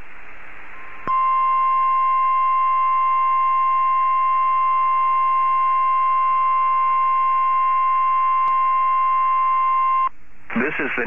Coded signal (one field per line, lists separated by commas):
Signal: Emergency Alert System (SAME) tones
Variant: 1050 Hz attention tone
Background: speech